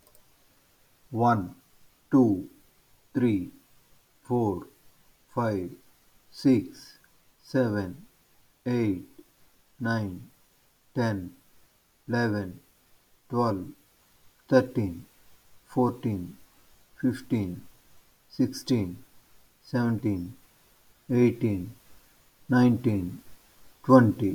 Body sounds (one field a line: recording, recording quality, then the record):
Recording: counting at a normal pace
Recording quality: excellent, no background noise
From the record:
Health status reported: healthy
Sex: male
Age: 38 years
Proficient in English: yes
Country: India